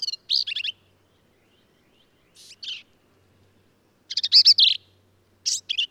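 Black-capped vireo song of varied high phrases, some buzzy, some stuttered and squeaky, given in spaced bursts over a quiet background.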